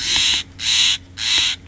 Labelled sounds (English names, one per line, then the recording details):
Steller's Jay
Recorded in Sonoma County, California